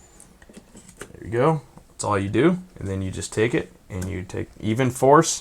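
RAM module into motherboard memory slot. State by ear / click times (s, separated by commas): not seated / none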